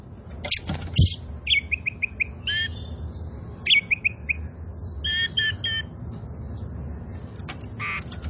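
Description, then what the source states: Oriental magpie-robin song of quick repeated whistled notes and scratchy phrases, with a few sharp clicks and a low thump near the start. A kacer poci, singing gacor (in full song).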